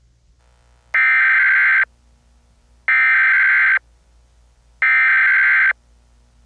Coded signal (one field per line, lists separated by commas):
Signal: Emergency Alert System (SAME) tones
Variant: header bursts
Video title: EAS Scenario #61: System Failure